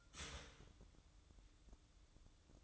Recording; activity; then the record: daily activity, microphone in the room; start toaster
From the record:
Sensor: 3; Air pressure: 1007.1 hPa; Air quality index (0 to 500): 54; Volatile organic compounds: 1 ppm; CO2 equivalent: 590 ppm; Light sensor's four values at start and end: 8/19/8/8 and 8/19/8/8